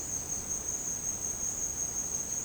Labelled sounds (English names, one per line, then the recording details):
none
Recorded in dense forest near Puerto Asís, Putumayo, Colombia, on 23 June 2025 at 09:30
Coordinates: 0.486, -76.317
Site G065